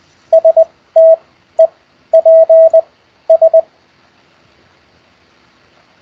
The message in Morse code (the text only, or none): STEPS